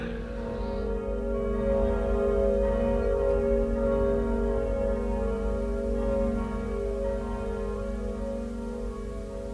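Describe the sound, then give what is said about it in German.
Church bells ring at 10 o'clock in Lisbon, on and on, their deep, humming tones overlapping into a steady resonant wash that holds an even loudness for the whole stretch, with no voices. “Die Glocken läuten schon.”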